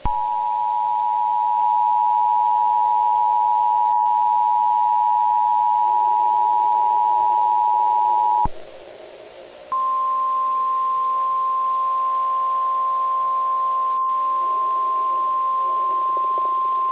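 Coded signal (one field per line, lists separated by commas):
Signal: Emergency Alert System (SAME) tones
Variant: 853 and 960 Hz attention tone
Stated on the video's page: Fictional EAS scenario.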